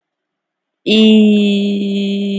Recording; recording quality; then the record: sustained vowel as in beet; excellent, no background noise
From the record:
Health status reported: exposed to COVID-19, no respiratory illness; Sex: female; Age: 20 years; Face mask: not worn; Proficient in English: yes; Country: India